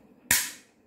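A plastic bowl or attachment is pushed into position on the drive shaft of a Bosch MCM4100 food processor, giving one sharp, loud click at 0.3 s that fades over about a third of a second. That single click means the part has seated properly and is OK.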